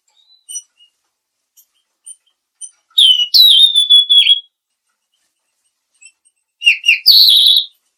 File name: suara burung tledekan laut